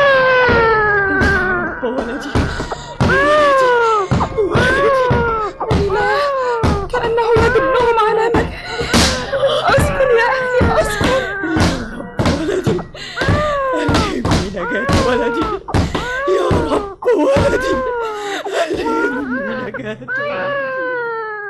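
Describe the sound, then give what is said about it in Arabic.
Pharaoh's soldiers batter a door in with a rapid series of heavy, irregular thuds and bangs, nearly drowned out by an infant's loud, continuous wailing cry. “حطموا الباب، اسرعوا قبل أن تجد حيلة.”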